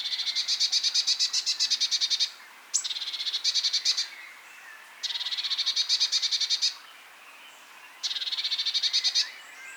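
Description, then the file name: Eurasian blue tit calls as a string of fast, grating churrs, four bursts with brief gaps and one sharp high note. "Cyanistes caeruleus"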